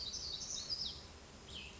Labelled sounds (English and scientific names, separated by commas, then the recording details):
Cassin's Vireo (Vireo cassinii)
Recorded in Sonoma County, California